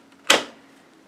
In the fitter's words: kind of snaps into place so if you didn't see that there's a little little